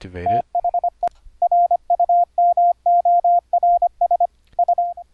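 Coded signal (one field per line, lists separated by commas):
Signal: Morse code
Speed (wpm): 25 wpm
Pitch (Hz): 700 Hz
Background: speech, radio noise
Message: THE RUMORS S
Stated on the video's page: CW sent over the internet through Mumble using EhoCW software with keyboard, paddle or straight-key sending, with pitch regeneration on received audio.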